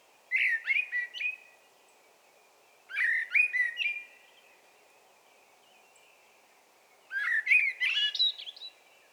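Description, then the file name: Common blackbird song: three mellow fluted phrases, each warbling down and ending in squeaky high twitters, with a pause of a few seconds between phrases. "Turdus merula"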